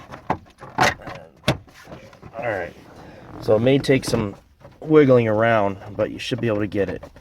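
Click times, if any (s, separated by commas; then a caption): 1.5 s. A plastic trim panel under the steering wheel of a 2004–2008 Pontiac Grand Prix is lined up with its grooves and pushed into the dashboard on one side until its clips engage. A sharp snap is heard at 1.5 s among smaller knocks while someone talks. The panel seats and locks into place after some wiggling.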